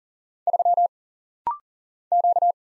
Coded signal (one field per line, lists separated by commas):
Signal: Morse code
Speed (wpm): 39 wpm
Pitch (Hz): 700 Hz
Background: none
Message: 3 Q